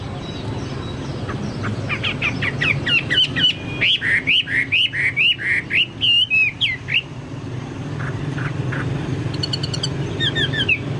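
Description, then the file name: Chinese hwamei song, a fast series of repeated looping whistles for about five seconds, then quieter scattered notes over steady low hum. "hwamei-2-omkicau"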